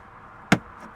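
A plastic trim tool pries the stock fabric dash trim panel off the dashboard of a 2026 Tesla Model Y Juniper. One of the panel's retaining clips pops free with a single sharp click at 0.5 s, heard above a quiet background. The clip releases and the panel comes loose.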